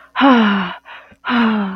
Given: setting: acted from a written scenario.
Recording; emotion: vocal sound without words; relief